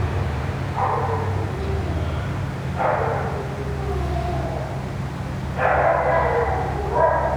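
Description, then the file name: Dog crying in drawn-out, falling whines repeated every two to three seconds over a steady low mechanical hum. Dog crying near a ventilation system. "a dog crying near a ventilation system"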